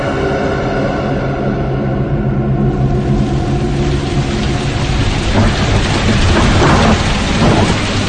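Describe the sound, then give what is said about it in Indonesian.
Heavy rain pours in a dense, steady hiss as school lets out, while deep thunder rolls and rumbles underneath, swelling louder in the last few seconds. No voices are present. “Ketika bubaran sekolah, hujan turun cukup deras.”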